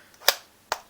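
A heavy metal gas-blowback airsoft magazine is pushed into the magazine well of a Maruzen MP5K GBB SMG and latches with a solid, sharp click at 0.3 s. A second sharp click follows at 0.7 s. The magazine is seated and locked in firmly.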